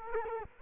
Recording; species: mosquito wingbeat signal from an infrared sensor; Culex quinquefasciatus